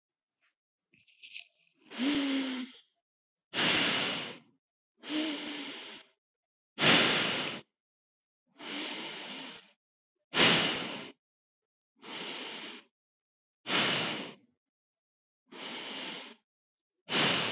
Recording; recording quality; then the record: deep breathing; excellent, no background noise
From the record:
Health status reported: COVID-19 positive, mild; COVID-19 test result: positive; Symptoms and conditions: cough, sore throat, loss of smell and taste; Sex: male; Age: 32 years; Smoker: not ticked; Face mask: not worn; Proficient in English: yes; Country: India